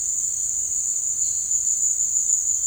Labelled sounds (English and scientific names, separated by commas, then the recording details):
none
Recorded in dense forest near Puerto Asís, Putumayo, Colombia, on 13 March 2025 at 17:00
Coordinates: 0.485, -76.318
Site G056